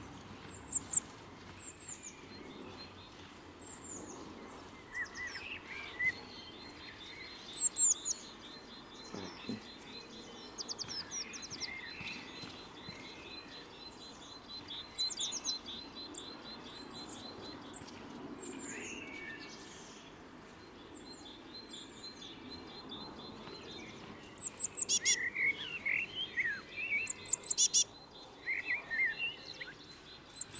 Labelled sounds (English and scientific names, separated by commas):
Eurasian Blue Tit (Cyanistes caeruleus)